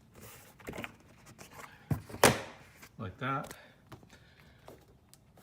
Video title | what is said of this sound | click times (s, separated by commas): Lexus/Toyota Door Panel Remove and Install | pushing my hand each of the snap start snapping in place like | 0.8 s, 2.2 s